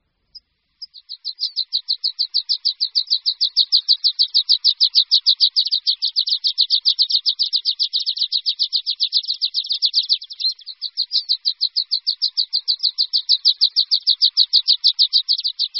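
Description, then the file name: Water pipit song: a long, steady trill of rapid high chirps, with one brief stumble partway through. "Linduška-horská"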